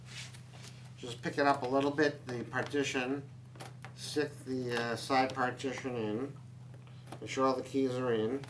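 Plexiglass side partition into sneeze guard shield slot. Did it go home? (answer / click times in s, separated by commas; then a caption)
no / none. A plexiglass side partition is lifted slightly and pushed into the keyed slots of a clear plexiglass sneeze guard shield while someone talks, with faint handling sounds, a brief rustle near 3.6 s and a short tap at 3.8 s. Nothing has seated or clicked yet, and the clip ends just before the partition goes home.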